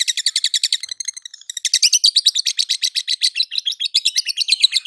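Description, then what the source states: Lovebird song: a long, rapid chatter of buzzy, high-pitched notes, with a brief pause before it resumes more intensely. Continuous chattering (konslet) song, used for training other birds.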